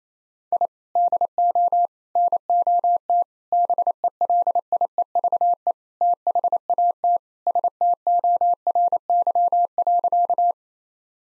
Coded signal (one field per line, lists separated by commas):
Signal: Morse code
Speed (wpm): 28 wpm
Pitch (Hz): 700 Hz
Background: none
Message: I DO NOT BELIEVE THAT STORY.